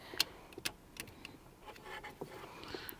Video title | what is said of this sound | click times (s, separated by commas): Installing the Latest XTRONS Android Head Unit in Our BMW E46 Clubsport! | Nice positive click. | 2.9 s